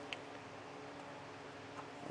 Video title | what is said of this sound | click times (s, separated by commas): etrailer - Installing the Curt 5th Wheel/Gooseneck Wiring Harness in a 2021 Ram 2500 | Push it until it clicks. | 0.1 s